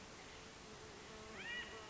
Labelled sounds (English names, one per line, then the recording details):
California Quail
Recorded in Sonoma County, California